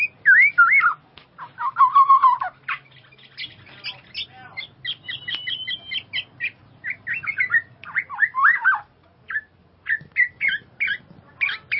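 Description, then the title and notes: Bird singing a varied medley of trills, whistled slurs and scattered sharp chirps, phrases separated by brief gaps. "Bird Sound. Kicau Burung Lengkap"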